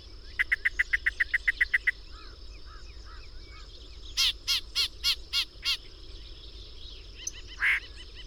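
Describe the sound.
Bird song: a fast run of clicking notes, soft slurred whistles, then a series of loud harsh repeated notes and a final buzzy call over a constant high hum.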